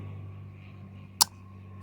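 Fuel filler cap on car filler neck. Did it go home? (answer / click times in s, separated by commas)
yes / 1.2 s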